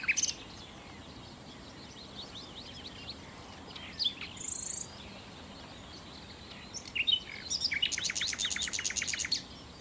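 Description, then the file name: Common nightingale: songbird mostly quiet with faint short notes, ending in a loud fast buzzy trill of rapidly repeated clicks. "Nachtigall"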